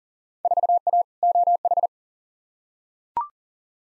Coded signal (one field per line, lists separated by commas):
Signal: Morse code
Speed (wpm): 40 wpm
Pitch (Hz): 700 Hz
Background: none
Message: 4A OH